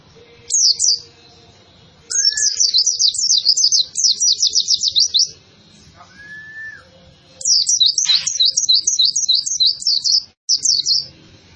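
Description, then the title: White-eye song: bursts of quick high descending notes repeated in rapid series, with short pauses and a soft mid-pitched whistle between phrases. Lively-singing white-eye, used as a training master for cage birds. "Pleci Gacor. Masteran Burung PLECI"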